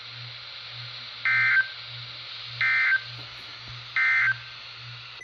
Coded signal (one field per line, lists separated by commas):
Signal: Emergency Alert System (SAME) tones